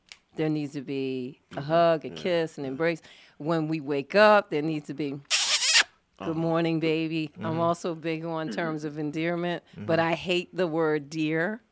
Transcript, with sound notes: there needs to be a hug and kiss and embrace. When we wake up, there’s need to be (kiss sound) “Good morning baby.” I’m also big on terms of endearment but I hate the word “dear”…